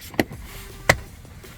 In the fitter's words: you hear that click